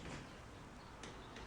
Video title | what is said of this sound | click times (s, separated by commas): Prepping For My First Track Day! - Lowering the Front End Of My Kawasaki KZ 750 Twin | so let it click a few times can you see that see that clicking | 1.0 s